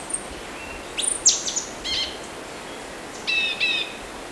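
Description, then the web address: Orange-bellied euphonia song: a few thin high chips, then paired nasal, layered notes near the end, with soft background hiss. Recorded in Ecuador. "Natures Songs S America Birds of Ecuador Orange-Bellied Euphonia"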